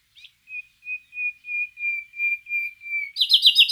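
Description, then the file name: Common nightingale song: a long series of pure whistled notes on one pitch, slowly swelling in loudness, then a fast rich buzzy trill at the end. "Luscinia megarhynchos"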